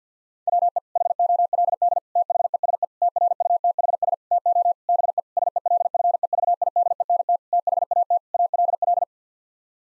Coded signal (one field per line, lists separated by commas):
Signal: Morse code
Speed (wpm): 50 wpm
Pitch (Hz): 700 Hz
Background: none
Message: WE HOLD THESE TRUTHS TO BE SELFEVIDENT THAT ALL